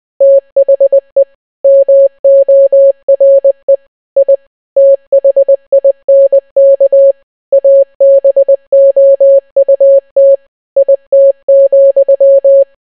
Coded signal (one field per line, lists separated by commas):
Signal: Morse code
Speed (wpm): 20 wpm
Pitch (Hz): 550 Hz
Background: none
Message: THE MORE I THINK ABOUT IT,